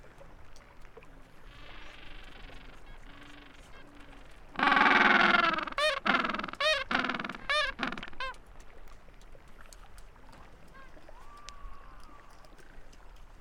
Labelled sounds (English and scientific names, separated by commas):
Gentoo Penguin (Pygoscelis papua) call